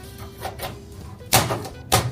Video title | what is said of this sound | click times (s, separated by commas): EASY Oven Hood Build - DIY | And it's as easy as popping this into place. Clicks right in. | 1.3 s, 1.9 s